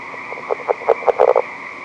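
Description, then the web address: California red-legged frog uttering a series of low, knocking pulses that come faster toward the end, against a continuous high-pitched hum. "r draytonii sounds"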